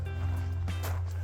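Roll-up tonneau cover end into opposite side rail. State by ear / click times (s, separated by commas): not seated / none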